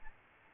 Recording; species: mosquito wingbeat signal from an infrared sensor; Aedes albopictus